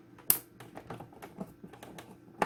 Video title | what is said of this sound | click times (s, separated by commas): check out my ebay buy in great shape NES-001 | And just by that little snap I heard, I don't know if you guys heard it, like, psh, or | 0.3 s